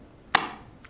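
A hard plastic Moshi snap-on case is pushed onto a phone until it snaps into place. A single sharp, bright snap at 0.4 s rings out briefly and fades by about 0.6 s, followed by a faint small tick near 0.9 s. The case is seated.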